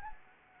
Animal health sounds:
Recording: mosquito wingbeat signal from an infrared sensor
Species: Anopheles arabiensis

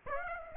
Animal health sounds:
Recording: mosquito wingbeat signal from an infrared sensor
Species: Aedes aegypti

